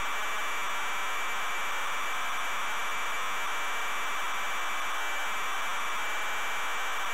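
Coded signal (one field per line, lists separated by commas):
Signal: ZX Spectrum tape loading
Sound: continuous harsh, raspy buzzing hiss of a cassette data block, no lead tone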